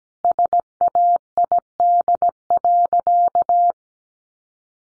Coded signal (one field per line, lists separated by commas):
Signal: Morse code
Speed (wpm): 17 wpm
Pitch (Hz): 700 Hz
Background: none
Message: SAID.